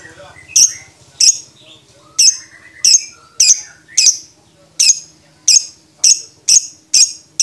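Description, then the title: Lovebird repeating piercing harsh squeaks in a steady series, with faint lower chatter between them. Lovebird described as a champion with a clear voice; masteran recording for training other songbirds. "MASTERAN BURUNG 2. Kicau Suara Burung Lovebird Juara Suara Bening"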